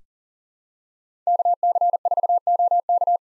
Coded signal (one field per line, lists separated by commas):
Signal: Morse code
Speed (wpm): 40 wpm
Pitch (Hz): 700 Hz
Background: none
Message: KC4OK